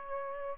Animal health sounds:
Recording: mosquito wingbeat signal from an infrared sensor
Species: Aedes aegypti

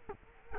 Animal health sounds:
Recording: mosquito wingbeat signal from an infrared sensor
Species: Culex quinquefasciatus

